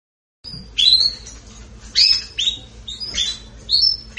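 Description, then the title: Belgian canary singing short bright chirps and upslurred whistled notes in separate bursts, with brief pauses between phrases. Singing in a rapid, fired-off style. "Canario Belga. Salsa Cantando Disparado"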